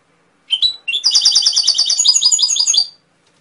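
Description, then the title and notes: Canary song: a short high note, then a sustained two-second rapid trill of rolling high notes. Masteran recording of canary song, used for training songbirds to sing. "PANCINGAN SUARA MASTERAN KENARI BIKIN BURUNG MAKIN MENGGILA. masteran kicau kenari"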